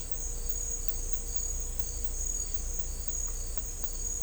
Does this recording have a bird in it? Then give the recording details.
no. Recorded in dense forest near Puerto Asís, Putumayo, Colombia, on 18 December 2024 at 11:00. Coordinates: 0.500, -76.322. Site G053